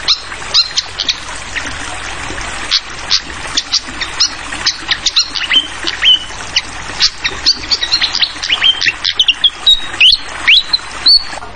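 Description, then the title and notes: Hill blue flycatcher song: scattered chips building into a lively run of short upslurred whistles and level piping notes, set against flowing water. Tutoring (masteran) recording for songbirds, clear voice mixed with sound of flowing water. "Masteran Sikatan Kipas Suara Jernih Dan Suara Gemericik Air. Suara Burung Sikatan Londo"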